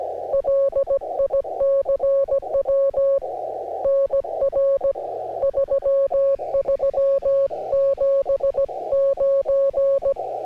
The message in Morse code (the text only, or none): LICW NR 3379